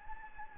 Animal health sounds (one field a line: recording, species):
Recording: mosquito wingbeat signal from an infrared sensor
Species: Anopheles gambiae